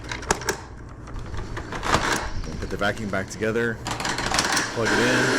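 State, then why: Seated. The plastic top cover of a Shark Apex Duoclean vacuum cleaner's floor head is pressed back on during a fix for a roller brush that wasn't spinning, with sharp plastic clicks near 0.1, 0.3 and 0.5 seconds. The cover snaps into place at 0.3 seconds, and afterward someone talks.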